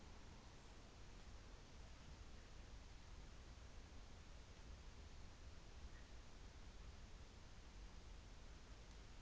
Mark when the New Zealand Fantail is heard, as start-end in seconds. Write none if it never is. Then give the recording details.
none. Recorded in New Zealand on 24 December 2018. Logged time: 14:45